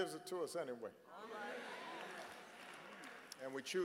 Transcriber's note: applause